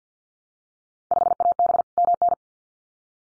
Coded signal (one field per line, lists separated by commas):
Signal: Morse code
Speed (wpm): 50 wpm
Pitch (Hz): 700 Hz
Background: none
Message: 5AB MN